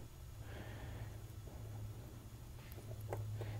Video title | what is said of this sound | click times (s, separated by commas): Panasonic Toughbook CF-53 MK1 WWAN Card Installation | It's not a very loud click. It's just a light click. | 2.7 s, 3.1 s